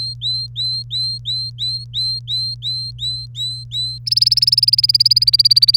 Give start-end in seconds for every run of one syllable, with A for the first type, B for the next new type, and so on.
0.00-3.98 A, 4.06-5.77 B